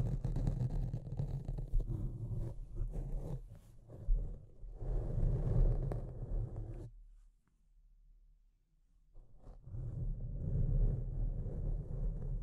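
Deep, rough scratching rumbles in dense low bursts, drops to near silence from about seven to nine seconds, then resumes just as heavily.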